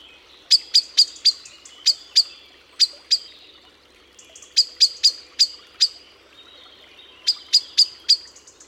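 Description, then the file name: Eurasian blackbird calls: sharp, high clicking notes given in quick bursts of varying length, separated by short pauses, over a quiet background. "Turdus merula"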